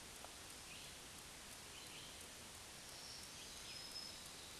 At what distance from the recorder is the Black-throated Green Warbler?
about 40 m